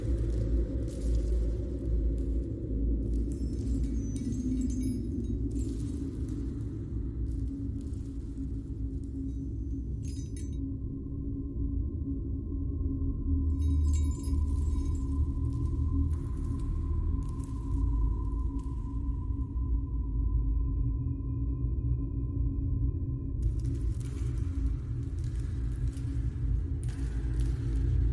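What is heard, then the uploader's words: Eerie, lightly swirling wind forms a constant deep rumble, with brief crackling hisses coming and going and a faint thin whistle midway. Dark gothic chapel Ambience | alluring atmosphere of enchanting monastery | dark ambient. You can hear the eerie sound like mystic wind swirling lightly. The tinkling sound from pieces of the chandeliers hit each other.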